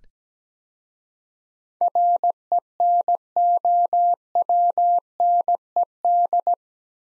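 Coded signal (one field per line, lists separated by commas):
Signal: Morse code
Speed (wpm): 17 wpm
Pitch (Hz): 700 Hz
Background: none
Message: RENOWNED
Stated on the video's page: Morse practice drill of 8-letter words at 17 wpm for head-copy training, each word sent twice.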